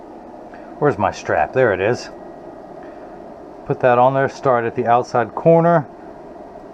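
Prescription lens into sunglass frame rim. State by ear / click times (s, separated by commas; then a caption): not seated / none. A cut Zeiss prescription PhotoFusion Extra Grey lens with a silver flash mirror is being fitted into the rim of a metal Ray-Ban 8412 sunglass frame, starting at the outside corner, with a string used to pull the rim over the lens edge. Someone talks over a steady low background hum while preparing the fit. Nothing has seated or clicked yet; the lens has not snapped into the frame by the end of the clip.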